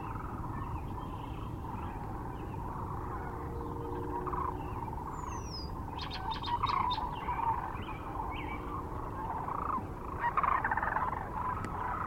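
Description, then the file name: Sandhill Crane flock calls forming a steady rattling chorus, with a brief high whistle from another bird near five seconds and sharp clicking sounds after six seconds. Recorded near Kearney, Nebraska, on 9 March 2004; other unnamed species also present. "2004-03-09 SACRandmore B Kearney NE"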